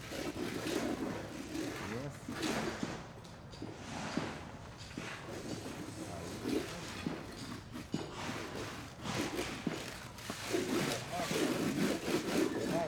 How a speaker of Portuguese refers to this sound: Aí eu já tô com uma lixadeira. Aí eu começo a lixar.